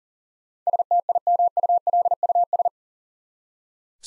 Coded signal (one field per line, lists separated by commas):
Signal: Morse code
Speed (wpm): 40 wpm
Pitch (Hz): 700 Hz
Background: none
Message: STIMULUS